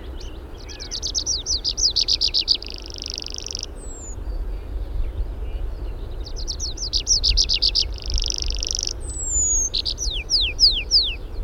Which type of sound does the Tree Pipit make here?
song